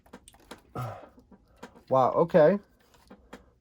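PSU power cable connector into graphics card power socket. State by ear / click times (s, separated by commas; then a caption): seated / 3.3 s. A power supply cable connector is plugged into the power socket of a Gigabyte NVIDIA RTX 5070 Ti OC 16GB graphics card. Someone talks between small handling taps, and the connector seats with a sharp snap at 3.3 s.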